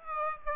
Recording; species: mosquito wingbeat signal from an infrared sensor; Aedes aegypti